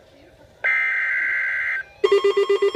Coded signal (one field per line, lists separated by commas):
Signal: Emergency Alert System (SAME) tones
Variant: header bursts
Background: speech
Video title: Severe Thunderstorm Warning - EAS #398